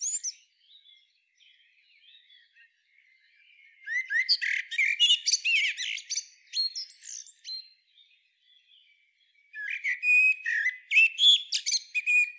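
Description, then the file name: Common blackbird song: two bursts of rapid, high twittering and squeaky notes with short whistled slurs, separated by a pause of faint, scattered chirps. "Turdus merula"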